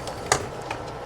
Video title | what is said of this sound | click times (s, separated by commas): AMS Re-Tube after 2000 Hours | little difficult this thing likes to move make sure you hear the click right | 0.3 s